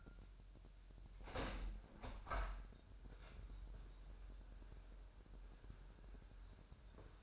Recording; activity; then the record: daily activity, microphone in the room; open window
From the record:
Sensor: 2